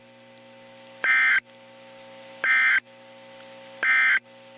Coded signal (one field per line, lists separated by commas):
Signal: Emergency Alert System (SAME) tones